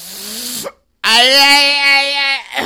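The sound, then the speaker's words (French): Two loud, low burps with a throaty, droning tone: a shorter one, a brief pause of silence, then a long, drawn-out belch that holds steady before cutting off. “on rote, on pète, pis on n'est pas heureux.”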